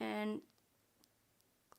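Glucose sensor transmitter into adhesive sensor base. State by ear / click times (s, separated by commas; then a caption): seated / 1.0 s, 1.7 s. A plastic CGM glucose sensor transmitter, sanitized, is placed bottom tab first into the adhesive sensor pod on the skin, then its top is pressed down on the indent. After someone talks briefly, two faint, sharp clicks are heard at 1.0 s and 1.7 s as the transmitter seats into the sensor housing.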